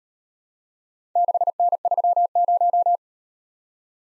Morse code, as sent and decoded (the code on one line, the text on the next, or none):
-.... -. ...-- -----
6N30